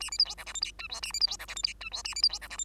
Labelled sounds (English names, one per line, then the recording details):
Bengalese Finch song
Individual Bird2